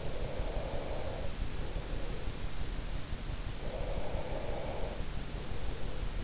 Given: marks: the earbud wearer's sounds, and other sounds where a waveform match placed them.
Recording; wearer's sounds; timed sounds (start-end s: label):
sounds in sleep by an in-ear microphone; breath
0.12-2.32 s: breath
3.52-5.89 s: breath